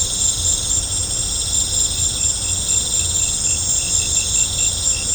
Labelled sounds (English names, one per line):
none